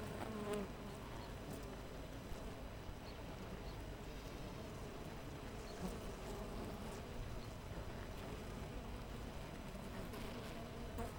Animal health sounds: honeybee colony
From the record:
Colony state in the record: missing queen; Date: 14 July 2017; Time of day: 6:50

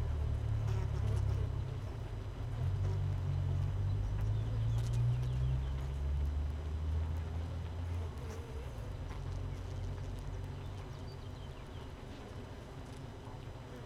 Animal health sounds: honeybee colony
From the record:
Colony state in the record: missing queen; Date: 31 May 2018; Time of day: 6:25

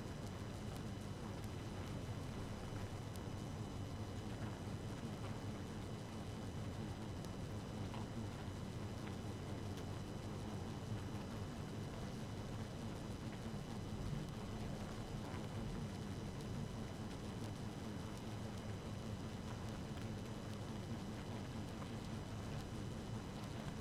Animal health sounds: honeybee colony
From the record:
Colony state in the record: active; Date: 12 June 2018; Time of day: 0:43

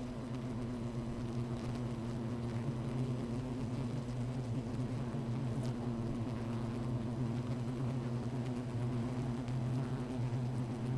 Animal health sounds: honeybee colony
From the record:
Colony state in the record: missing queen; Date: 14 July 2017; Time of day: 13:49

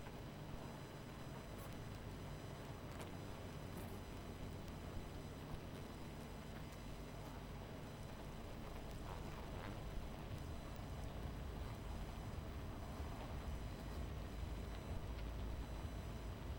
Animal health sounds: honeybee colony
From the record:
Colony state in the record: missing queen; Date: 14 July 2017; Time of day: 23:44

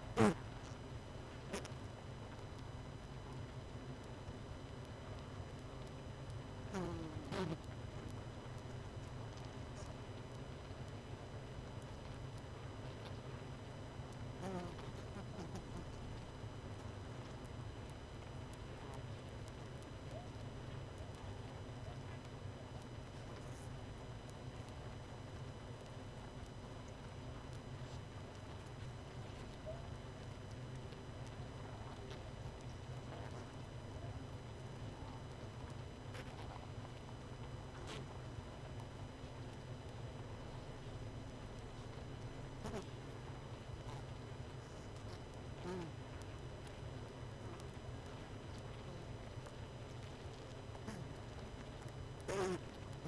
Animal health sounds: honeybee colony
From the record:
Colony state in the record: missing queen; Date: 31 May 2018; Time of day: 21:11

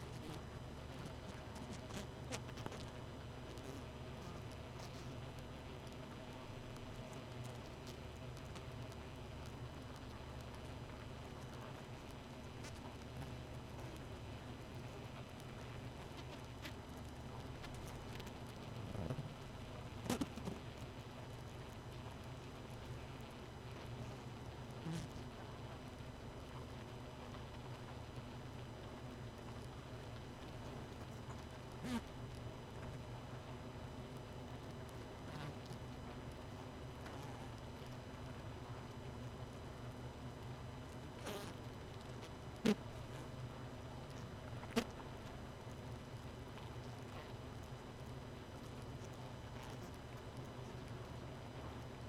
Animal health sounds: honeybee colony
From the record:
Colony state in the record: missing queen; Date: 31 May 2018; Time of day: 1:23

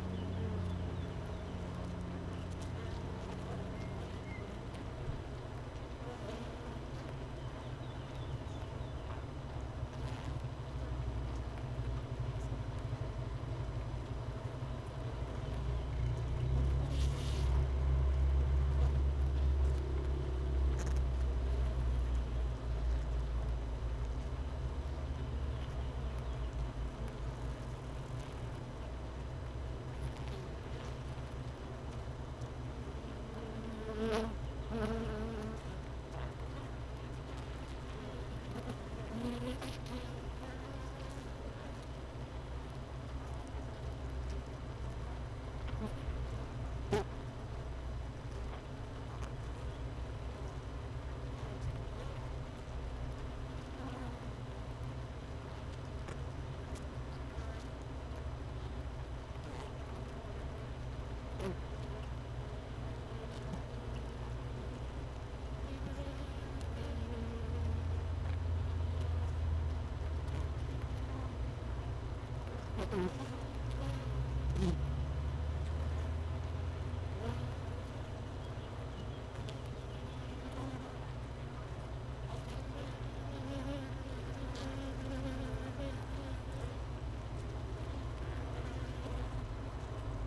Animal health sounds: honeybee colony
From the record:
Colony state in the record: missing queen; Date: 31 May 2018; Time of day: 13:12

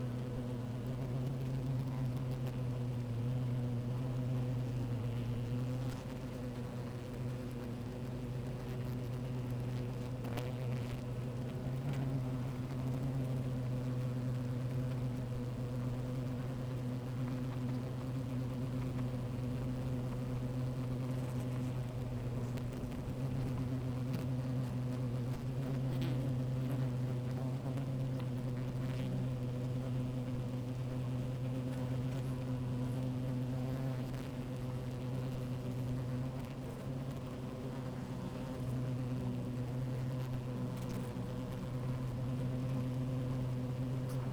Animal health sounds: honeybee colony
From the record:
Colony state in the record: active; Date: 28 July 2017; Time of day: 12:51

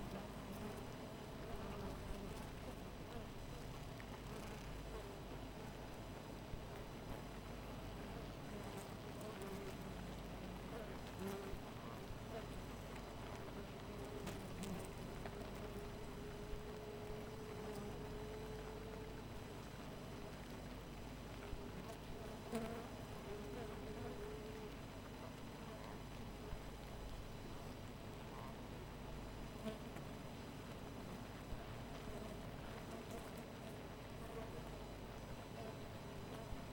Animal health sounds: honeybee colony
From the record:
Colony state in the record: missing queen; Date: 14 July 2017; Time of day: 4:19

